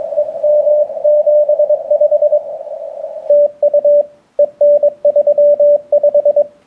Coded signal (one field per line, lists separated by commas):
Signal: Morse code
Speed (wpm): 21 wpm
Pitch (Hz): 590 Hz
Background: radio noise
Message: EM75 TU EN35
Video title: InnovAntennas LFA-3(4) 6m Beam Test and Install